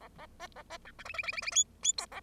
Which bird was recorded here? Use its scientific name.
Lonchura striata domestica